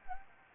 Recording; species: mosquito wingbeat signal from an infrared sensor; Anopheles gambiae